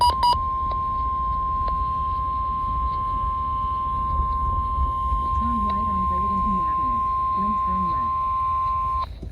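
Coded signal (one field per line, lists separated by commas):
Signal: Emergency Alert System (SAME) tones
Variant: 1050 Hz attention tone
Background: speech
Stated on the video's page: EAS Required Weekly Test heard in a car.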